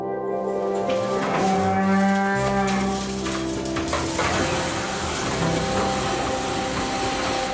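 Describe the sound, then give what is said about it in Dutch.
On a dairy farm with a newborn calf, cows moo loudly in long, drawn-out calls with rich, harmonic tones, one low bellow following another almost without pause, with a rougher, grainy quality near the end. “We gaan het kalfje dat net geboren is de komende tijd volgen...”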